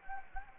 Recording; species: mosquito wingbeat signal from an infrared sensor; Anopheles gambiae